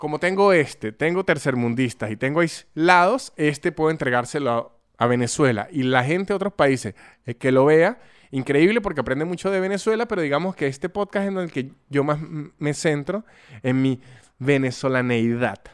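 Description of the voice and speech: Adult man speaking Spanish with word repetitions, prolonged sounds and brief blocks: mild stuttering.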